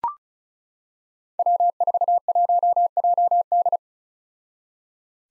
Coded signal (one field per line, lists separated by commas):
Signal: Morse code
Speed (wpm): 34 wpm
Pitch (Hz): 700 Hz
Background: none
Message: W41JD